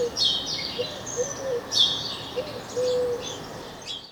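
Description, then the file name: House sparrow chirps: bursts of sharp, harsh chirping notes in quick clusters, with a low cooing dove beneath and steady background noise. "Passer domesticus"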